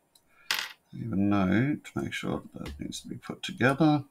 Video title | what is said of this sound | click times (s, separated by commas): Blokees Transformers Prowl and Skywarp Opening!!! | and the arms clicking right in see I am getting better at this | 0.5 s